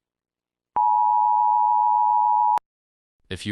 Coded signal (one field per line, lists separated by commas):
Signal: Emergency Alert System (SAME) tones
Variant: 853 and 960 Hz attention tone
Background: speech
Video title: The undead (￼an eas scenario)